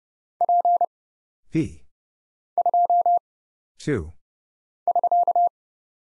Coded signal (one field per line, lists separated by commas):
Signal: Morse code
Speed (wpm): 30 wpm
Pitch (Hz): 700 Hz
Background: none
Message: P 2 <SK>